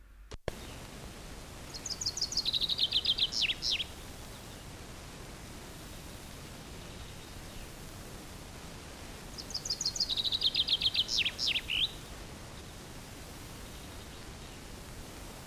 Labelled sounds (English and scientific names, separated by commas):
Common Chaffinch (Fringilla coelebs) song